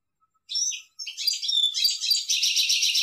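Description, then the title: European goldfinch song, a brief twitter followed by a continuous rapid jumble of tinkling, buzzy high notes lasting the rest. "Chant Chardonneret"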